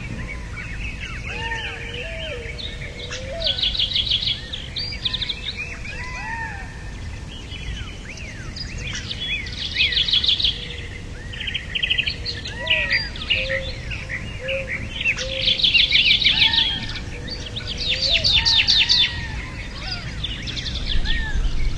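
A flock of birds calls continuously, with dense bright chirps and trills overlapping throughout and louder bursts of rapid twittering around 3–5, 9–11 and 15–19 seconds. Lower whistled notes rise and fall beneath them, over a steady low rumble of background noise.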